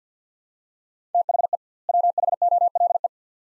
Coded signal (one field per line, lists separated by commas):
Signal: Morse code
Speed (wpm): 50 wpm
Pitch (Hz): 700 Hz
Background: none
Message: THE WHOLE